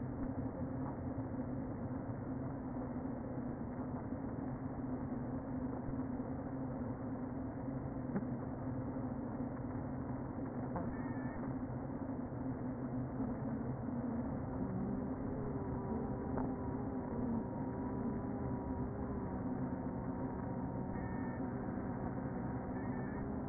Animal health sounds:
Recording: honeybee colony, microphone inside the hive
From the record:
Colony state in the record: queen present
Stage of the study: before two queens were removed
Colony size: about 60,000 bees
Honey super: yes

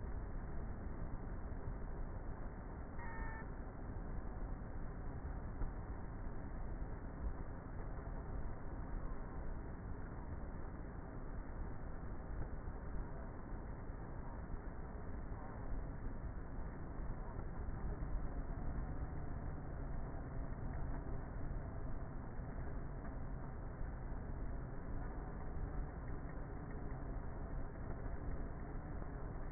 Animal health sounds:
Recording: honeybee colony, microphone inside the hive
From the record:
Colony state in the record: queenless with a low population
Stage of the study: before two queens were removed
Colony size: about 30,000 bees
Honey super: no

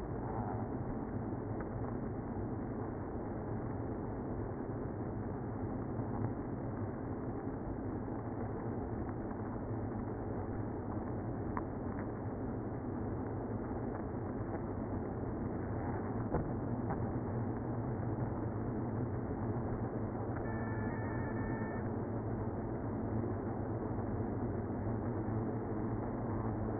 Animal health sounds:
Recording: honeybee colony, microphone inside the hive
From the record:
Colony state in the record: queenless (queen removed)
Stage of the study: after two queens were removed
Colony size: about 60,000 bees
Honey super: yes

